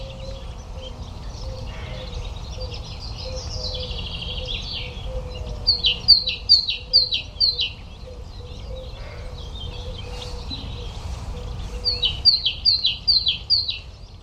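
Great tit giving two bursts of high, see-sawing two-note phrases, four or five each, between stretches of other softer bird chatter and a low steady background hum.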